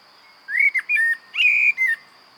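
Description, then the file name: Common blackbird singing a short sequence of clear, mellow whistles, slurred up and down; faint steady high tone behind. "Turdus merula"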